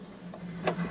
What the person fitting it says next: and i can throw it down and it kind of just snaps into place and it's just there